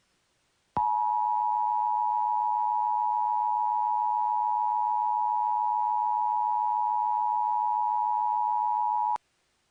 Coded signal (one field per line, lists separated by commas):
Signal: Emergency Alert System (SAME) tones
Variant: 853 and 960 Hz attention tone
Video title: EAS Scenario - We Are Not Alone